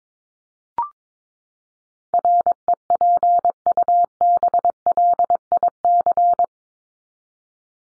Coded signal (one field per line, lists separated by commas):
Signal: Morse code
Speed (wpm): 22 wpm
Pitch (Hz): 700 Hz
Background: none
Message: REPUBLIC